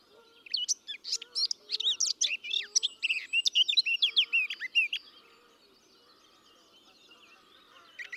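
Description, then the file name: Eurasian blackcap warbling for about five seconds, dense chattering and whistled notes, then quieter with faint steady tones and background sounds. "Sylvia atricapilla"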